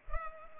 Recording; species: mosquito wingbeat signal from an infrared sensor; Culex pipiens